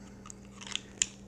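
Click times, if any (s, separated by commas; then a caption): 1.0 s. A White River Backpacker fixed-blade knife is pushed into its sheath, with a few light scraping ticks before it seats with a slight, sharp snap at 1.0 s. The knife is held securely in the sheath with no rattle.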